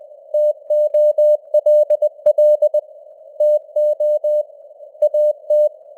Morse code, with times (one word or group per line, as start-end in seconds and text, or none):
0.3-2.8 TOLL
3.4-4.4 TO
5.0-5.7 AT